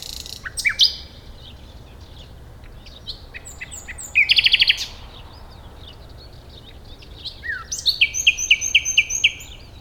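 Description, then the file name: Common nightingale song: clipped whistles, a brief silence, a fast rattling trill, then a string of evenly spaced, bright repeated notes. "Luscinia megarhynchos"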